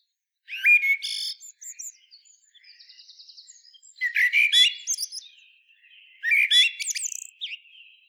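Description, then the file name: Common blackbird phrases: a fluted warble and high squeaks, a soft rapid trill, then two more melodious warbles ending in thin scratchy notes. "Turdus merula"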